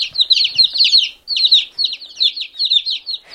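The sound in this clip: Chicks peeping: a dense, continuous chorus of high, shrill cheeps from several birds, with one short pause.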